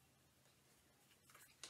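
A plastic frame border piece is pressed home into the adjoining frame border on its other side. Over a quiet, low background with a few soft handling rustles, it snaps in with a sharp click at 1.6 s and seats.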